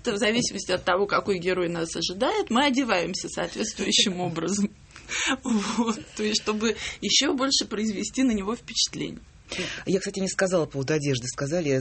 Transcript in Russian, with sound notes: в зависимости от того, какой герой нас ожидает, мы одеваемся соответствующим образом. Вот. (смеется) То есть, чтобы еще больше произвести на него впечатления.
Я, кстати, не сказала… по поводу одежды сказали…